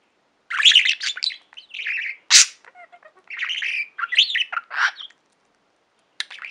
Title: Budgie Sounds